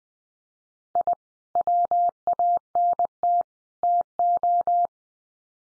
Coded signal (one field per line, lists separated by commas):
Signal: Morse code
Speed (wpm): 20 wpm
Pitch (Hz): 700 Hz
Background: none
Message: I WANT TO